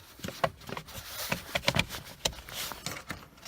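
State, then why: Seated. A small steering column boot is fitted around the column of a 2000-2005 Chevrolet Impala (8th gen) during a turn signal switch replacement and pressed down into the column trim. A series of sharp plastic clicks and taps is heard, ending in the strongest snap at 2.3 s as the boot seats in place.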